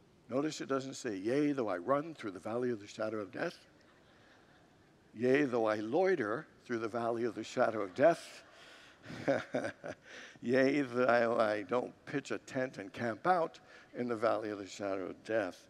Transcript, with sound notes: Notice it doesn’t say, “Yea, though I run through the valley of the shadow of death.” [Congregants laugh] “Yea, though I loiter through the valley of the shadow of death.” [Congregants laugh] “Yea, though I don’t pitch a tent and camp out in the valley of the shadow of death.”